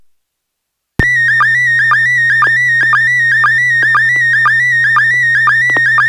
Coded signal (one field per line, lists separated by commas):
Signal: SSTV (slow-scan television)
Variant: PD 120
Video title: N6NA SSTV Net - 09/15/2021